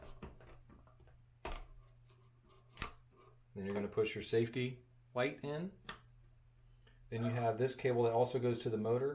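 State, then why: Seated. During Onewheel XR assembly, the motor cable plug is pushed into its controller connector, as was done with the battery plug, until it snaps home with a sharp double click at 2.8 s and 2.8 s. Someone talks, and afterwards the safety lock is pushed in. The plug is seated.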